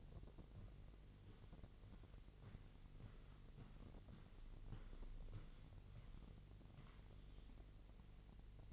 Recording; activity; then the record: daily activity, microphone in the room; walk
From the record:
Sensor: 4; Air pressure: 1002.4 hPa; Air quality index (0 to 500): 214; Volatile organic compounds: 11 ppm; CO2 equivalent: 2316 ppm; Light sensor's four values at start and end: 20/70/26/26 and 20/70/26/26